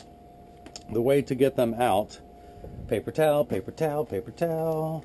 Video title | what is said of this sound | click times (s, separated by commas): 2132 New Wayfarer Rx Gray Sunglass Lenses. | on the nose and it snaps right in now if you have lenses in your frame now | 0.8 s